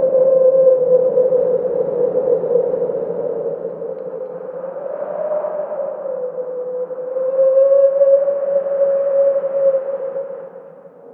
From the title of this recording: Howling Wind